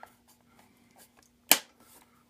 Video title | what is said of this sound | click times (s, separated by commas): Tachometer | snaps right in there and | 1.5 s